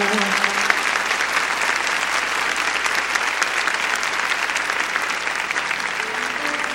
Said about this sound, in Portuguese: Aplaudamos com mais força a palavra de Deus.